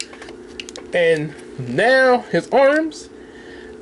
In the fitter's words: snap into place here